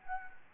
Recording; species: mosquito wingbeat signal from an infrared sensor; Anopheles arabiensis